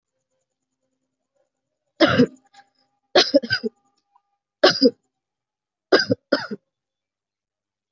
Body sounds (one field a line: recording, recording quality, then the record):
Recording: heavy voluntary cough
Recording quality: moderate, slight background noise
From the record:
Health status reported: healthy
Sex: female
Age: 27 years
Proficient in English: yes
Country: India